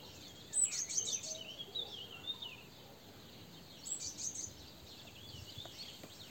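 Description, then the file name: Eurasian blue tit giving two bursts of very high, thin, slurred calls a few seconds apart over steady background hiss. "Cyanistes caeruleus"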